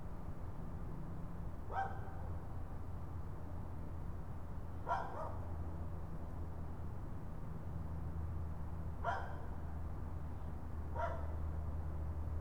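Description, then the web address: Raccoon calls: four abrupt, harsh yips at irregular gaps of a few seconds, over a persistent low hum. More than one raccoon. "phono raccoons"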